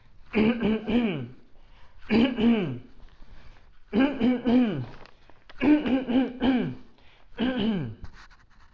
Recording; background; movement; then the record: throat clearing; quiet; walking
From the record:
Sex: male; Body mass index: 20.6 kg/m2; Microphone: on the chest, facing outward